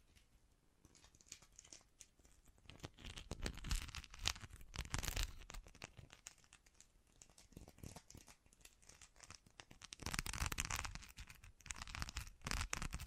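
Bracelets and jewelry boxes handled in dense, irregular crinkling and rustling bursts, busiest around four to five seconds and again after ten.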